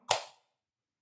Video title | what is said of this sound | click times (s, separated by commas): How to leverage the power of Continuous Glucose Monitors in your practice | I basically just pressed down there's a clicking sound and as I lift off there is the sensor | 0.1 s